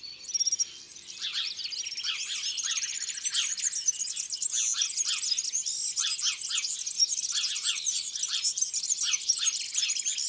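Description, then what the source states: Sparrows in a dense, continuous chorus of high chirps and chattering notes. Sparrow calls, first of six garden-bird species in a recognition exercise.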